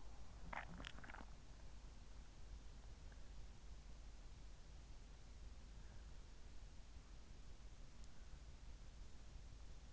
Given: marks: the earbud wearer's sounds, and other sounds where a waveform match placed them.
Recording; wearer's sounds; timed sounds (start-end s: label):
sounds in sleep by an in-ear microphone; swallowing
0.00-2.00 s: swallowing